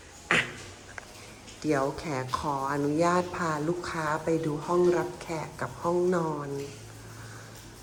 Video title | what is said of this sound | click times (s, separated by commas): 🏡 รหัส: HR184 ขาย/เช่าบ้านใหม่พร้อมเฟอร์นิเจอร์ ท่าสาย เชียงราย 🏡 | ปิดประตูให้เค้าก่อนนะคะเดี๋ยวจะลืมปิดล็อคเรียบร้อยเลยอ่ะ | 0.3 s, 1.0 s